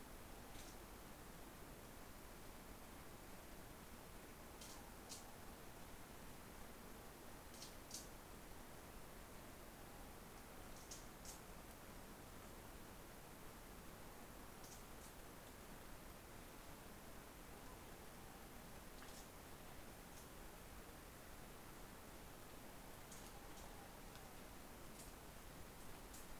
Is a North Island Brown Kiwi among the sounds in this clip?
no